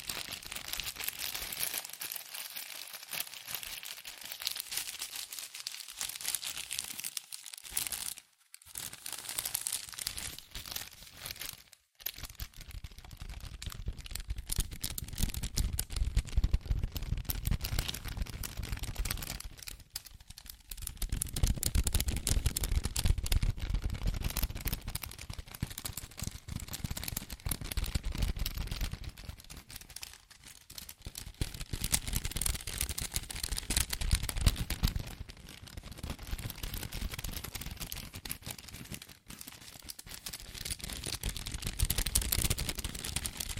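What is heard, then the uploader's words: Fast tapping, scratching and tracing on cardboard and paper, with dense crinkly rustles and quick clicks packed together. The first twelve seconds are thinner and brighter, with brief gaps; after that the scratching turns fuller and heavier, swelling and easing every few seconds. ASMR Fast CardboardPaper Tapping, Scratching, Tracing Sounds ( No Talking).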